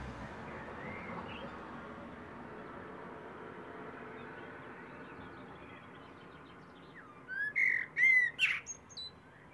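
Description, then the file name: Eurasian blackbird: long spell of low background hiss, then near the end a Eurasian blackbird delivers a short fluty phrase with a high scratchy finish. "Turdus merula"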